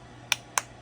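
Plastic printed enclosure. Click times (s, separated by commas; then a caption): 0.3 s, 0.6 s. The top half of a 3D-printed plastic LED enclosure is pressed onto the bottom half, giving two sharp, bright clicks at 0.3 s and 0.6 s over a quiet background. The halves lock together as a friction fit and are seated.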